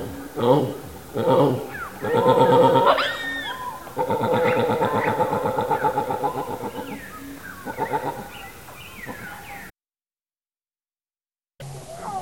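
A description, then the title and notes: A juvenile white-backed vulture begs for food with loud, nasal, wavering calls, in bursts at first and then a long stuttering wail that slowly fades. Thin chirps and twitters sound behind it. Near the end the sound cuts out for about two seconds before the calls resume. The call of a juvenile White-Backed Vulture begging its parents for food. Recorded in Limpopo, South Africa. White-Backed Vulture call.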